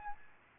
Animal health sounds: mosquito wingbeat signal from an infrared sensor; Aedes albopictus

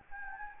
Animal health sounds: mosquito wingbeat signal from an infrared sensor; Anopheles gambiae

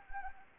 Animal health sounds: mosquito wingbeat signal from an infrared sensor; Anopheles arabiensis

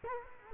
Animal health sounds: mosquito wingbeat signal from an infrared sensor; Culex quinquefasciatus

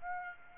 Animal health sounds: mosquito wingbeat signal from an infrared sensor; Aedes aegypti

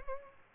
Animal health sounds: mosquito wingbeat signal from an infrared sensor; Aedes albopictus

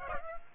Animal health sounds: mosquito wingbeat signal from an infrared sensor; Aedes aegypti

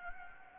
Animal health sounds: mosquito wingbeat signal from an infrared sensor; Anopheles gambiae

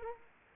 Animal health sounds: mosquito wingbeat signal from an infrared sensor; Aedes aegypti

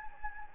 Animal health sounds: mosquito wingbeat signal from an infrared sensor; Anopheles gambiae

